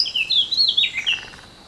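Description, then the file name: Eurasian blackcap warbling: a short run of quick, high slurred and chattering notes that falls away toward the end, over faint steady background noise. "Sylvia atricapilla"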